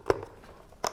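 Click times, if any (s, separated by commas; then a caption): none. A weight-compensating face shield cap bracket for a 12-cal AmpShield, compatible with Kask safety helmets, is handled at the mounting slot on a safety helmet, where it is meant to be pushed in and down until it snaps into its resting position. Two short, sharp knocks are heard at about 0.1 s and 0.9 s over a quiet background. Nothing has snapped or seated yet.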